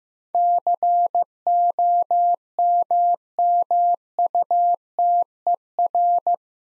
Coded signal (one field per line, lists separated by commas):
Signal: Morse code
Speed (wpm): 15 wpm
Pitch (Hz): 700 Hz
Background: none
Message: COMMUTER